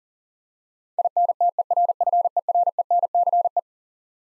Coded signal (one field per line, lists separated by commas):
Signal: Morse code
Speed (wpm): 40 wpm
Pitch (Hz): 700 Hz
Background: none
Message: INTERFERENCE